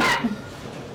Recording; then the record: coughing mixed with background sound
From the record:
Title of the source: Barking cough - # 10